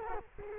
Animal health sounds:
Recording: mosquito wingbeat signal from an infrared sensor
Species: Culex quinquefasciatus

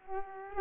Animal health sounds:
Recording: mosquito wingbeat signal from an infrared sensor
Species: Aedes aegypti

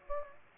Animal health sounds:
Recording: mosquito wingbeat signal from an infrared sensor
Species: Aedes aegypti

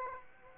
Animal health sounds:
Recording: mosquito wingbeat signal from an infrared sensor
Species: Aedes aegypti

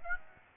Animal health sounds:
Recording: mosquito wingbeat signal from an infrared sensor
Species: Aedes aegypti

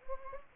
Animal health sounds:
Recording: mosquito wingbeat signal from an infrared sensor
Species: Anopheles gambiae

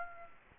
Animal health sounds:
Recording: mosquito wingbeat signal from an infrared sensor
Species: Aedes aegypti

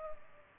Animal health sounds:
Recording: mosquito wingbeat signal from an infrared sensor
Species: Culex pipiens

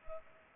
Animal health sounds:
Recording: mosquito wingbeat signal from an infrared sensor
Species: Culex pipiens

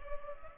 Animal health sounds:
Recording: mosquito wingbeat signal from an infrared sensor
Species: Culex pipiens

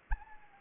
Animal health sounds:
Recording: mosquito wingbeat signal from an infrared sensor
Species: Anopheles arabiensis

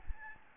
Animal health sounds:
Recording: mosquito wingbeat signal from an infrared sensor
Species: Aedes albopictus

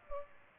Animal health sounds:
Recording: mosquito wingbeat signal from an infrared sensor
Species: Culex pipiens

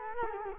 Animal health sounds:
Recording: mosquito wingbeat signal from an infrared sensor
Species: Culex quinquefasciatus

